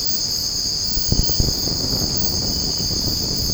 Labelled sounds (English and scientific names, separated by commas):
none